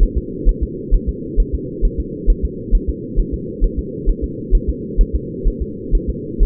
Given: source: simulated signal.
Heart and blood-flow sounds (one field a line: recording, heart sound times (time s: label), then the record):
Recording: fetal heart sounds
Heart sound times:
0.03 s: S1
0.18 s: S2
0.49 s: S1
0.63 s: S2
0.95 s: S1
1.09 s: S2
1.40 s: S1
1.55 s: S2
1.85 s: S1
2.00 s: S2
2.30 s: S1
2.45 s: S2
2.75 s: S1
2.89 s: S2
3.20 s: S1
3.34 s: S2
3.64 s: S1
3.79 s: S2
4.09 s: S1
4.24 s: S2
4.55 s: S1
4.70 s: S2
5.01 s: S1
5.16 s: S2
5.48 s: S1
5.62 s: S2
5.95 s: S1
6.10 s: S2
6.43 s: S1
From the record:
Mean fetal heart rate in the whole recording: 130 bpm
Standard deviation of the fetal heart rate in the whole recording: 2 bpm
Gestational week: 38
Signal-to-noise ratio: -4.1 dB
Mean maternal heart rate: no maternal heart sound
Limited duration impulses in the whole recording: absent